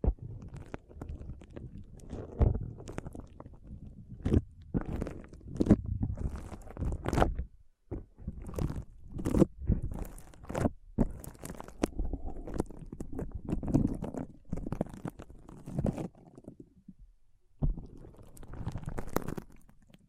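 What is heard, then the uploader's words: Foam being pressed and rubbed for an ASMR massage, heard as dense, low rumbling squishes broken by sharp crackling bursts. The crackles come irregularly, often several per second. Brief near-silent gaps fall around 7.5 and 17.5 seconds before the rubbing resumes. ASMR Powerful Foam Brain Massage.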